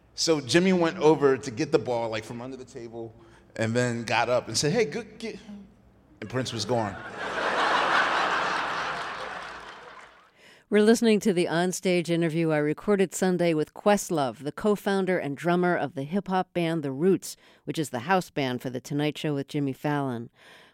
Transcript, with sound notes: So Jimmy went over to get the ball, like, from under the table and they got up and said, hey, good - and Prince was gone.
(LAUGHTER)
We're listening to the onstage interview I recorded Sunday with Questlove, the co-founder and drummer of the hip-hop band The Roots, which is the house band for "The Tonight Show" with Jimmy Fallon.